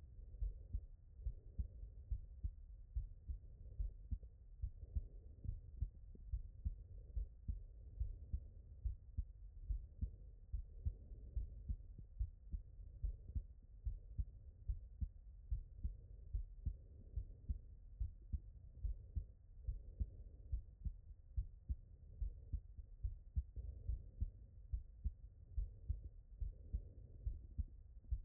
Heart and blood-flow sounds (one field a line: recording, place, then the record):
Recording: heart sounds by stethoscope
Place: tricuspid valve (TV)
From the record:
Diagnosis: non-HFrEF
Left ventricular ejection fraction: 64%